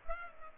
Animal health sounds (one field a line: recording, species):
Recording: mosquito wingbeat signal from an infrared sensor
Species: Culex pipiens